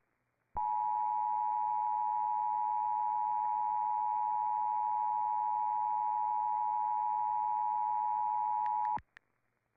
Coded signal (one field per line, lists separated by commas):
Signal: Emergency Alert System (SAME) tones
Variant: 853 and 960 Hz attention tone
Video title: DEEP SOUTH HAVOC... EAS Alerts from 12/28/24 (EAS #5,340 - 5,369)